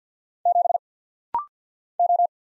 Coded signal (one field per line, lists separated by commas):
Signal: Morse code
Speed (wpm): 48 wpm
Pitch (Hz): 700 Hz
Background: none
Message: 7 O